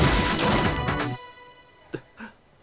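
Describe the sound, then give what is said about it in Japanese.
A perfect backfist strike lands after a punch is easily dodged: a loud, crashing burst of noise lasting about a second, followed by quiet and then two short, sharp whacks in quick succession. “いともたやすくパンチをかわし、トゥー。完璧な裏剣。”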